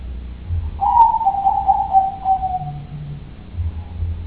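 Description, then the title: Dove: one long descending coo from a dove, mellow and wavering for about two seconds, with a faint low hum underneath. "Canto Da Pomba"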